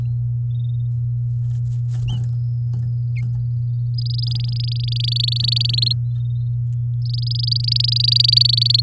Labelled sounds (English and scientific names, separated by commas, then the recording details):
Domestic Canary (Serinus canaria) song
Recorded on 9 May 2018 at 07:21
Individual llb16